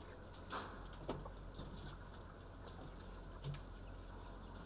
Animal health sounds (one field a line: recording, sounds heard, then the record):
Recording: poultry house recording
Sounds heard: healthy chickens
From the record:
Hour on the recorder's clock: 9